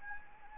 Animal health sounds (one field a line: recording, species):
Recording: mosquito wingbeat signal from an infrared sensor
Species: Anopheles gambiae